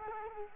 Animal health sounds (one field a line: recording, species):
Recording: mosquito wingbeat signal from an infrared sensor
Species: Culex quinquefasciatus